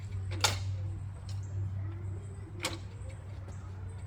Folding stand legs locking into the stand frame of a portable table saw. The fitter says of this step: let out your legs till you hear them click in place